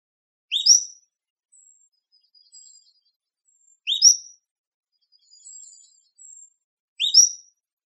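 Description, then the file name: Cordilleran flycatcher giving a sharp, rising two-part call about every three seconds, three times, with faint thin high notes between. Recorded in Arizona. "COFL 3 A deviche"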